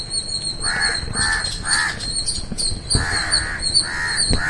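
Bird calls: three harsh caws, a brief gap, then three more, with high thin chirps running underneath.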